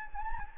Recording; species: mosquito wingbeat signal from an infrared sensor; Anopheles gambiae